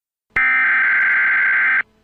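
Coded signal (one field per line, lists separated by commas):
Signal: Emergency Alert System (SAME) tones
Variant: header bursts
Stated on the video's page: Fictional alert scenario.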